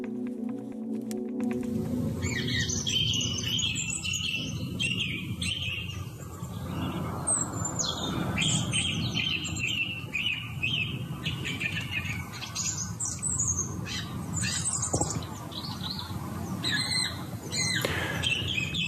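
A song thrush sings a long run of loud, bright, varied phrases in quick succession, some repeated, over a steady low rumble. Recorded from a bedroom window in the morning. No one speaks.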